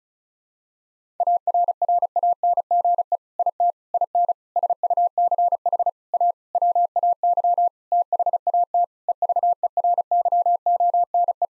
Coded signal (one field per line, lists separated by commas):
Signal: Morse code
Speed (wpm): 34 wpm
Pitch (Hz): 700 Hz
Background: none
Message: ARRANGE IT IN SUCH A WAY THAT EVERYONE